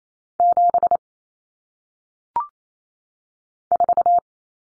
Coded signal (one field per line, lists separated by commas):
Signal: Morse code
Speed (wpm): 28 wpm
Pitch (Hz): 700 Hz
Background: none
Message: 7 4